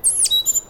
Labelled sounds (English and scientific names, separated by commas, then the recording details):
Stitchbird (Notiomystis cincta) song
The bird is a male
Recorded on Tiritiri Matangi Island, New Zealand, in 2005
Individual 1, of nest box 1